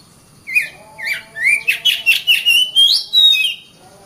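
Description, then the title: Oriental magpie-robin song: a few whistled slurs building into a brisk run of rising and falling notes, ending on a long falling whistle. Master training recording. "KACER MASTER"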